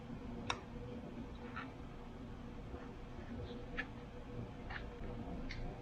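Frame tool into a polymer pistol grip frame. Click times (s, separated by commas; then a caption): 0.5 s. On an M&P 9mm 2.0 pistol, the frame tool (pin) is pushed back into the polymer frame after the chosen backstrap grip insert is fitted, to lock the grip in place. A sharp, fast-decaying click at 0.5 s marks the frame tool locking into place, and the grip is seated. Softer taps follow around 3.8 s and 5.5 s over a steady low background hum.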